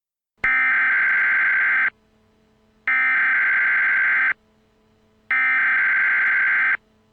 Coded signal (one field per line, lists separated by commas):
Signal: Emergency Alert System (SAME) tones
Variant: header bursts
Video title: Bot Bogus (+ MistfulSkye, Deejay Greg, Dark Deception Gamer) (EAS Scenario)